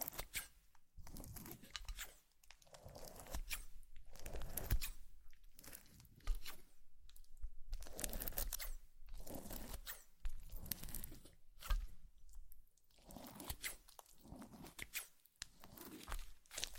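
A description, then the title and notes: Slime being squeezed and handled, producing a steady run of wet crackles, pops and crunchy tearing sounds. Bursts come in irregular clusters every second or so, bright and crisp, with brief quiet gaps between them and a low, soft rumble underneath. ASMR Slime - SO Satisfying - ( No Talking).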